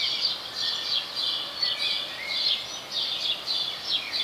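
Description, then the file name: House sparrow chirps, scratchy notes tumbling one after another with little pause, over continuous background hiss. "Passer domesticus"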